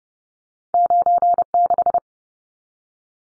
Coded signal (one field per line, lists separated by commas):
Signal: Morse code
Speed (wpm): 30 wpm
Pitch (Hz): 700 Hz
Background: none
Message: 96